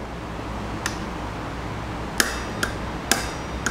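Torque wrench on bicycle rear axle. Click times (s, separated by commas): 2.2 s, 3.1 s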